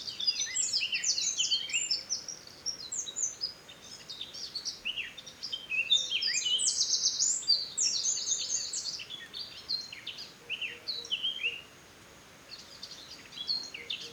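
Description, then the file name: Eurasian wren pouring out a long, almost continuous stream of rapid high notes and buzzy trills for about eleven seconds before a brief pause and restart. "Troglodytes troglodytes"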